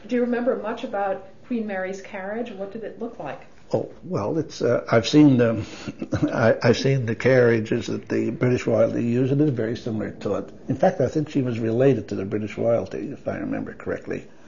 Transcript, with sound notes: --Do you remember—do you remember much about Queen Mary's carriage, what did it look like?
Oh, well, it's ah-I've seen the (laughs) —I've seen the carriages that the British royalty use and it was very similar to it, in fact I think she was related to the British royalty, if I remember correctly.